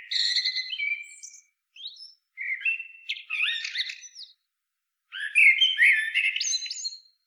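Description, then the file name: Common blackbird song, a run of rich whistled notes broken by brief pauses, mixing mellow warbles with squeaky high chatter, louder toward the end. "Turdus merula"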